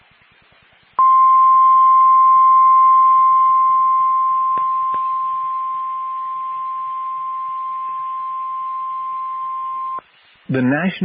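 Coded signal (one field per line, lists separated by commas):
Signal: Emergency Alert System (SAME) tones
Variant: 1050 Hz attention tone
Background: speech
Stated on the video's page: Four fire warnings for Amarillo, Texas, recorded with full EAS tones on a critical fire weather day.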